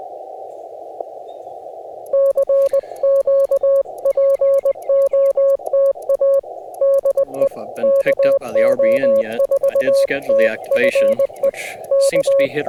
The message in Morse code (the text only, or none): CQ POTA DE KO4TFE K